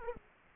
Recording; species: mosquito wingbeat signal from an infrared sensor; Aedes aegypti